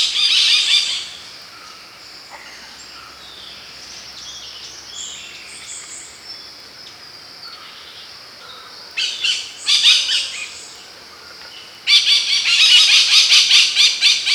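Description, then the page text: Layard's parakeet calls in harsh, grating bursts, one at the start, another near nine seconds and a longer rapid volley at the end, with quieter thin whistles between. "Layards Parakeet Calls. Quick Sounds"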